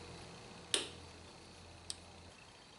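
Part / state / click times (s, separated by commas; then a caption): snap ring into groove on transmission overdrive/governor shaft / seated / 0.7 s. A metal snap ring is installed into its groove on the overdrive/governor shaft of a 42RH/A500 transmission. A sharp, strong click at 0.7 s marks it seating, followed by a fainter tick at 1.9 s over a low steady hum. The ring is seated.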